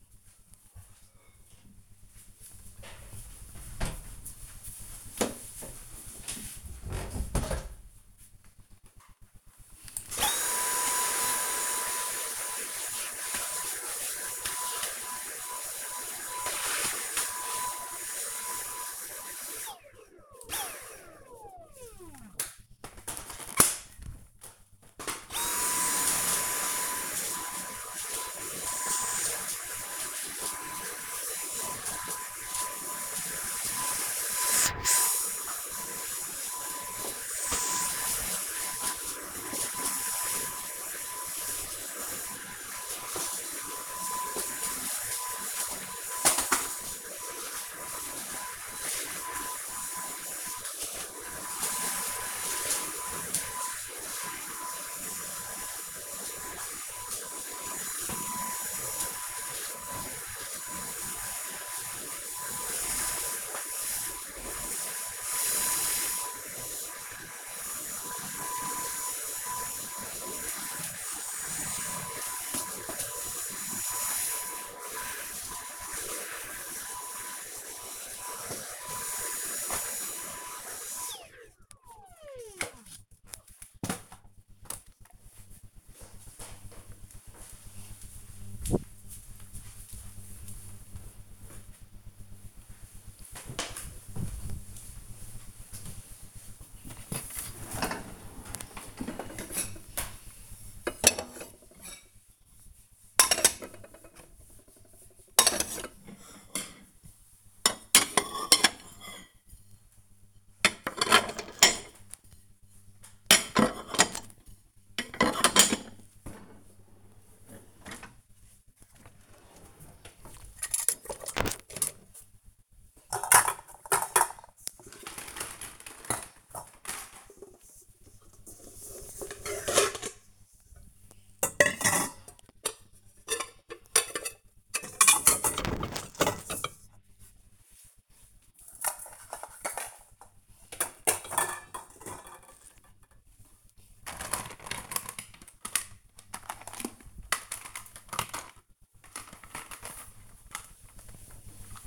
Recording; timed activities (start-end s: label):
household activities, microphone on the right wrist
8.01-80.54 s: vacuum cleaning
94.63-151.87 s: putting away the dishes